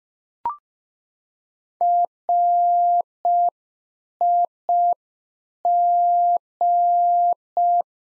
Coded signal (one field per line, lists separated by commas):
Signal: Morse code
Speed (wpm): 5 wpm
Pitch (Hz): 700 Hz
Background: none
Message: RIG